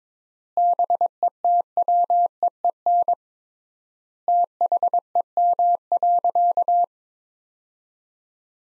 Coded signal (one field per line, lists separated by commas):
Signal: Morse code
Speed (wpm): 22 wpm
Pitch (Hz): 700 Hz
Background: none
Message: BETWEEN THEM.